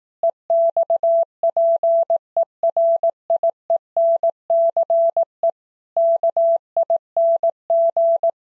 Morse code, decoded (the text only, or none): EXPERIENCE KING